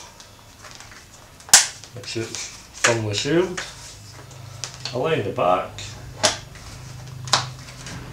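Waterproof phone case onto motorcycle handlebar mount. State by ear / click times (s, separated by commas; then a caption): seated / 6.2 s, 7.3 s. Someone talks while the back of a tough waterproof hard iPhone 4 case is laid onto a motorcycle handlebar mount and pressed down. Two sharp clicks ring out at about 6.3 and 7.3 seconds as the case snaps into place and is mounted.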